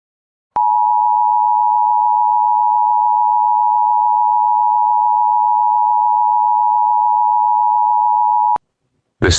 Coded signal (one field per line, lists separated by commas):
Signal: Emergency Alert System (SAME) tones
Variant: 853 and 960 Hz attention tone